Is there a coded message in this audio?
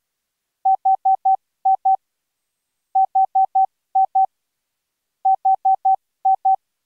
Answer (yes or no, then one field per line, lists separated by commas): no